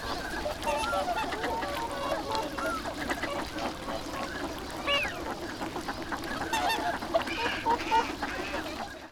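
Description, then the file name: Ducks calling as a busy flock, overlapping nasal quacks and honking notes in constant chatter, with some higher squeaky calls mixed in. Recorded at the Abukuma River, Japan, on 7 January 2021. "abukuma duck 20210107"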